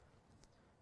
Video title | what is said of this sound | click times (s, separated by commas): The Craft Store USA Live on YouTube! | so back in place clicks back in | 0.4 s